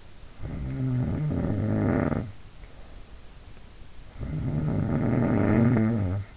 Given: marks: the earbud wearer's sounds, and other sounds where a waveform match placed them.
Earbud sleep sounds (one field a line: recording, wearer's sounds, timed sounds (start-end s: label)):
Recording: sounds in sleep by an in-ear microphone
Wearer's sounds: snoring breath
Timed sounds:
0.15-2.49 s: snoring breath
3.98-6.37 s: snoring breath